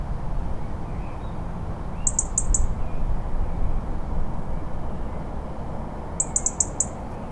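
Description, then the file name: European Robin giving short, high, sharp call notes in two quick bursts, several seconds apart, above constant low rumbling noise. "Erithacus rubecula - European Robin"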